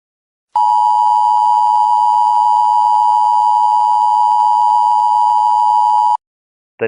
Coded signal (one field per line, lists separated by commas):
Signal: Emergency Alert System (SAME) tones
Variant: 853 and 960 Hz attention tone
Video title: EAS Scenario | Spinning Hell